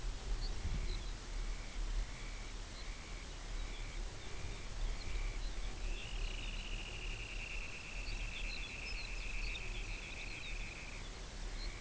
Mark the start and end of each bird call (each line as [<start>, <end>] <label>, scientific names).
[0.24, 1.25] Calcarius lapponicus
[0.46, 11.80] Calidris alpina
[2.61, 6.84] Calcarius lapponicus
[7.93, 11.74] Calcarius lapponicus